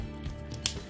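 The plastic body panels of a Gear Factory Wander Warrior transforming robot figure (a KO of TFP Wheeljack) are pushed in from both sides during transformation, with soft plastic handling sounds around 0.3 and 0.5 seconds. The torso part is then clicked closed with a sharp plastic snap at 0.7 seconds, and the panels seat shut.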